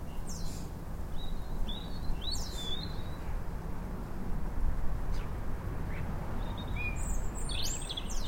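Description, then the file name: European robin song heard as thin high whistled notes and a jumbled twittering burst at the end, over a persistent low droning noise. "Erithacus rubecula"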